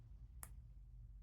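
A 3D printed plastic track link for a Panther G Late scale tank model is pushed onto the adjoining link on the second try. A single sharp snap is heard at 0.4 s over a steady low hum, and the link is seated.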